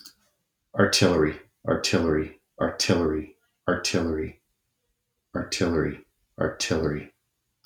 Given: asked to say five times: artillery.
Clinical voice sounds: repeated word; male; 40 to 49 years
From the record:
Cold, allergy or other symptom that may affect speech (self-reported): no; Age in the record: 47 years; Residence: Montana, United States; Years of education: 17

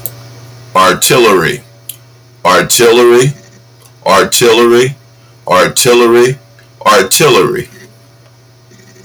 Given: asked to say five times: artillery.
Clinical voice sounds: repeated word; male; 60 to 69 years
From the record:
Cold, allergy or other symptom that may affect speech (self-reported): no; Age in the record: 63 years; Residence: Pennsylvania, United States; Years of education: 12

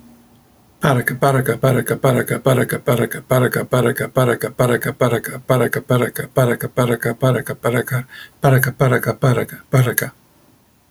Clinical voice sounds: repeated syllables /pa ta ka/; male; 60 to 69 years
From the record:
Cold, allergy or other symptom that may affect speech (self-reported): no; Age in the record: 64 years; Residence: New York, United States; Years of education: 15

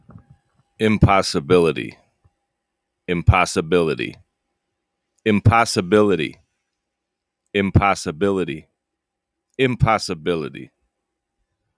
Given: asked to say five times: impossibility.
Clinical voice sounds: repeated word; male; 30 to 39 years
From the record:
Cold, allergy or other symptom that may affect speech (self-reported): no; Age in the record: 37 years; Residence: New York, United States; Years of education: 18

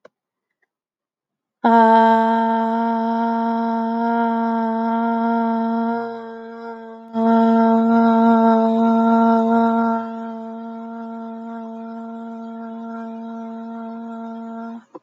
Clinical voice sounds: vowel held as long as possible; female; 30 to 39 years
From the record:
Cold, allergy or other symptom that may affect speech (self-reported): no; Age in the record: 32 years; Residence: Arizona, United States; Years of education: 18

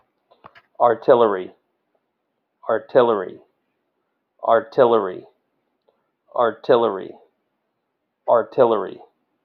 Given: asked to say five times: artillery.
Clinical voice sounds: repeated word; male; 40 to 49 years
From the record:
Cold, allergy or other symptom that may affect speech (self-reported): no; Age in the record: 43 years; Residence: North Carolina, United States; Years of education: 16

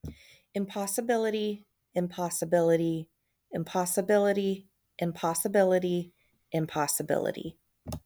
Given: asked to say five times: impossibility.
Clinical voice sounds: repeated word; female; 30 to 39 years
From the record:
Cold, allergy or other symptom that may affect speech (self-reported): no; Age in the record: 34 years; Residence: Ohio, United States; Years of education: 20

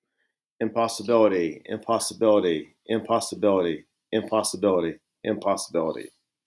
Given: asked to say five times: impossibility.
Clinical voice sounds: repeated word; male; 40 to 49 years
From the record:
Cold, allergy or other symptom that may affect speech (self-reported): no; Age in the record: 45 years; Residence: Virginia, United States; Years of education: 16

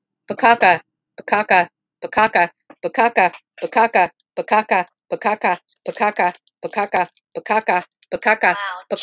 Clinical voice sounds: repeated syllables /pa ta ka/; female; 50 to 59 years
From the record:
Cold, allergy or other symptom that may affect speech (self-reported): no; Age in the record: 58 years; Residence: Iowa, United States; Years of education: 12

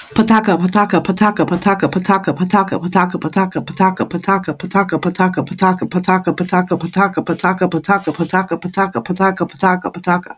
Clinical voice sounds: repeated syllables /pa ta ka/; female; 30 to 39 years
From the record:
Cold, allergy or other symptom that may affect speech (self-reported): no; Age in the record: 35 years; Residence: New Jersey, United States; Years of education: 13

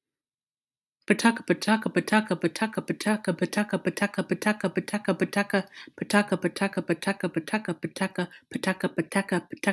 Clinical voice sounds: repeated syllables /pa ta ka/; female; 20 to 29 years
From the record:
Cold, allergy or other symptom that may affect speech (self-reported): no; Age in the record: 28 years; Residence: Texas, United States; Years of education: 17

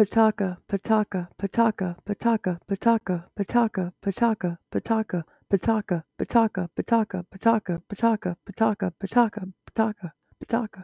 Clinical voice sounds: repeated syllables /pa ta ka/; female; 40 to 49 years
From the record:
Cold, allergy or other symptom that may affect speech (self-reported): no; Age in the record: 46 years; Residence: Virginia, United States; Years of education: 12

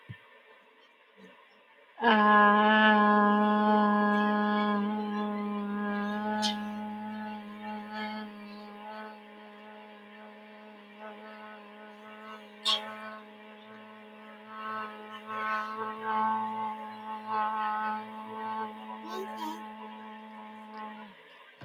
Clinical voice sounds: vowel held as long as possible; female; 30 to 39 years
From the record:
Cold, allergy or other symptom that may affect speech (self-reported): no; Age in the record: 30 years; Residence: Tennessee, United States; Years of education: 13

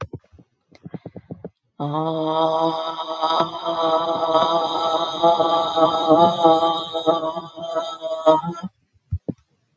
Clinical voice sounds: vowel held as long as possible; female; 60 to 69 years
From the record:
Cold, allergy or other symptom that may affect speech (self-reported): no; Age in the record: 60 years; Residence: Ohio, United States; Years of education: 16

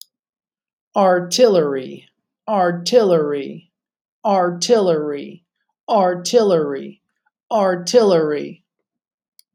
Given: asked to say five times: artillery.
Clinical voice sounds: repeated word; male; 40 to 49 years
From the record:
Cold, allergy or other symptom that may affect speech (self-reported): no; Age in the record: 41 years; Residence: Virginia, United States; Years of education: 21

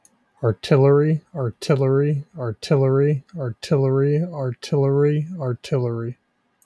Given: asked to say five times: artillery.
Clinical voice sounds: repeated word; male; 20 to 29 years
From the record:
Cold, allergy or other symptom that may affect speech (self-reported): no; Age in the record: 26 years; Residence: Pennsylvania, United States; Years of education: 12

